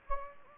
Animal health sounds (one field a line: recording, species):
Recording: mosquito wingbeat signal from an infrared sensor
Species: Anopheles gambiae